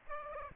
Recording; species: mosquito wingbeat signal from an infrared sensor; Aedes aegypti